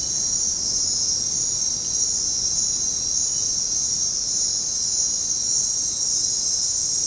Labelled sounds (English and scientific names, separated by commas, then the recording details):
none
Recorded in dense forest near Puerto Asís, Putumayo, Colombia, on 20 February 2024 at 23:00
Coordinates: 0.503, -76.322
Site G6418